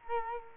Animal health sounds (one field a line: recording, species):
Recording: mosquito wingbeat signal from an infrared sensor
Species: Culex quinquefasciatus